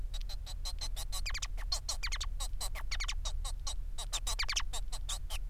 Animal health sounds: song of a male Bengalese finch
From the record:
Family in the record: son of father 4

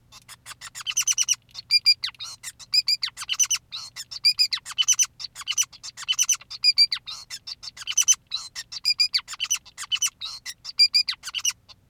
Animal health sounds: song of a male Bengalese finch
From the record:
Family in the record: son of father 2, and himself father 5

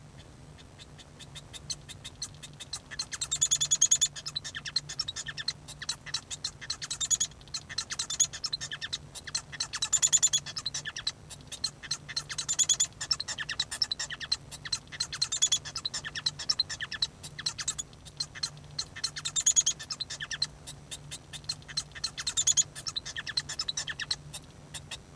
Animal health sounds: song of a male Bengalese finch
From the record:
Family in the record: son of father 1

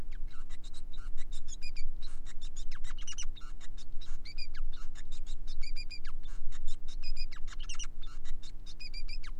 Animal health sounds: song of a male Bengalese finch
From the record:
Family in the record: son of father 5

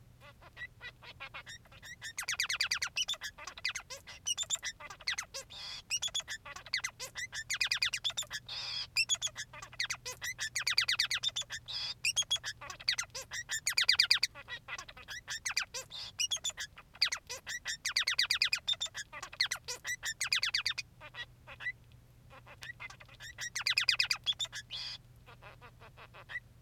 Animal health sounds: song of a male Bengalese finch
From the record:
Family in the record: son of father 3

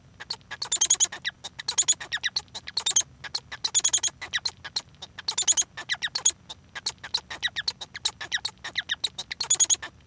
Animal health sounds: song of a male Bengalese finch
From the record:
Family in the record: son of father 1

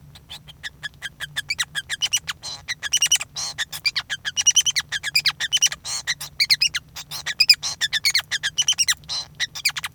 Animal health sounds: song of a male Bengalese finch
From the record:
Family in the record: son of father 5

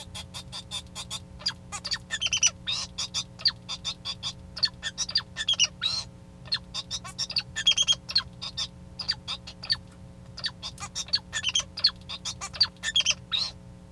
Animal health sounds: song of a male Bengalese finch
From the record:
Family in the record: son of father 2

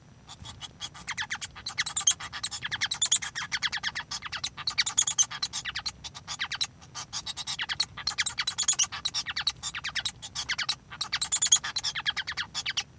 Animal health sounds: song of a male Bengalese finch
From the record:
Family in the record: son of father 1

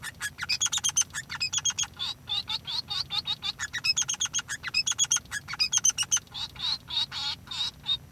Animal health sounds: song of a male Bengalese finch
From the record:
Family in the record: son of father 3

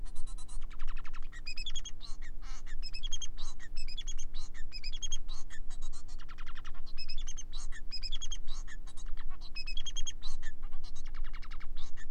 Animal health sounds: song of a male Bengalese finch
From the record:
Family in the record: son of father 4

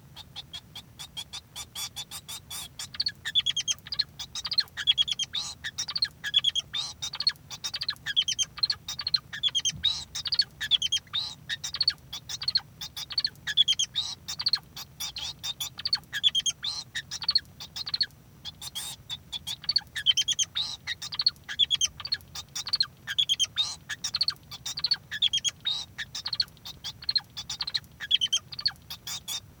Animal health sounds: song of a male Bengalese finch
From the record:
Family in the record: son of father 2

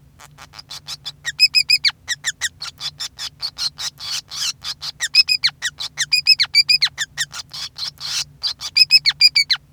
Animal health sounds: song of a male Bengalese finch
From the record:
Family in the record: son of father 5

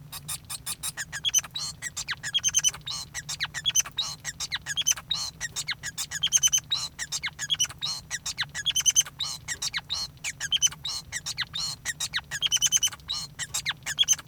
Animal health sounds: song of a male Bengalese finch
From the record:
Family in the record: son of father 5

